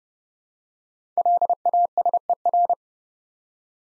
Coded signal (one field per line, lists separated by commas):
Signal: Morse code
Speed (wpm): 29 wpm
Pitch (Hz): 700 Hz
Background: none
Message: LASER